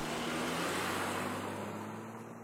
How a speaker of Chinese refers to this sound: 德斯里先生嘟哝了一句，咯咯笑着走出家门，坐进汽车，倒出四号车道。